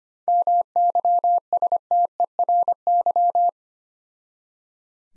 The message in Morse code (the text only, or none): MYSTERY